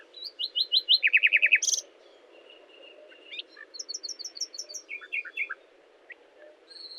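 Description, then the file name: Common nightingale song: a run of rapid repeated chirps, then a fast trill of sharp descending notes, a pause and a second jumbled phrase of clicks and chips. "Luscinia megarhynchos"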